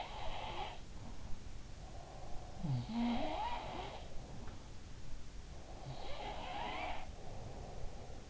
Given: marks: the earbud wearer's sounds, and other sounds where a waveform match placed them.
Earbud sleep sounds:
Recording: sounds in sleep by an in-ear microphone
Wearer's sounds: breath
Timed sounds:
0.00-1.65 s: sound from someone else or the room
1.45-2.82 s: breath
2.59-4.93 s: sound from someone else or the room
5.61-8.30 s: breath

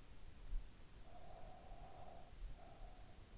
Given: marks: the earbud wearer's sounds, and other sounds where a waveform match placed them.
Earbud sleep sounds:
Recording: sounds in sleep by an in-ear microphone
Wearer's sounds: breath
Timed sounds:
0.85-3.37 s: breath

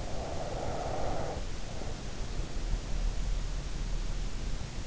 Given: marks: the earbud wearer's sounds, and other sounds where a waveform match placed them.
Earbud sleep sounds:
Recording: sounds in sleep by an in-ear microphone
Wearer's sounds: breath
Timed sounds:
0.00-3.00 s: breath

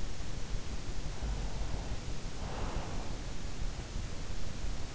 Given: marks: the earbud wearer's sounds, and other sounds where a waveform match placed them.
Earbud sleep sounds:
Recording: sounds in sleep by an in-ear microphone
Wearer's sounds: breath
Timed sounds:
1.23-3.63 s: breath

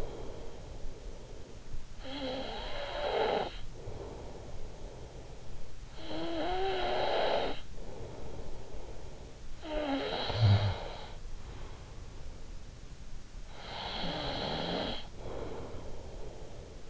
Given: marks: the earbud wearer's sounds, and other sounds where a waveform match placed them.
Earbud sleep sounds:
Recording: sounds in sleep by an in-ear microphone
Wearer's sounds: breath, snoring breath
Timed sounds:
0.00-1.33 s: breath
1.67-12.50 s: snoring breath
13.39-16.90 s: snoring breath

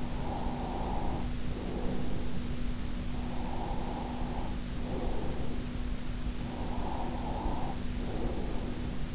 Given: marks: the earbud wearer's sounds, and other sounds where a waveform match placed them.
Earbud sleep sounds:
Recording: sounds in sleep by an in-ear microphone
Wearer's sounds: breath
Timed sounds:
0.14-2.74 s: breath
3.25-9.15 s: breath

